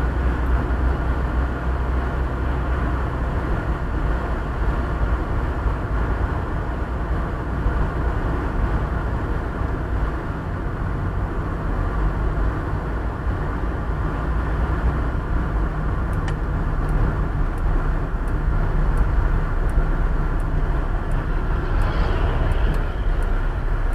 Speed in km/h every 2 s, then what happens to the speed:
60, 62, 62, 63, 62, 61, 59, 56, 55, 54, 50, 40.
0-6 steady at about 62. 6-24 slows to 40.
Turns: none.